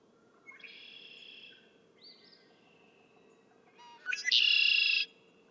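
Red-winged blackbird: faint whistles and a drawn note, then a red-winged blackbird bursts into a loud, buzzy, harsh trill near the end.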